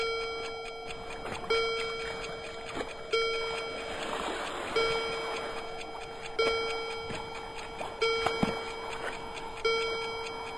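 A clock strikes seven o'clock with seven resonant, bell-like chimes, evenly spaced about a second and a half apart, each tone ringing on and overlapping the next.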